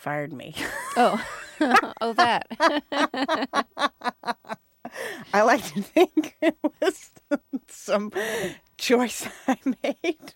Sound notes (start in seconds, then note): 2.7 laughs; 7.2 laughs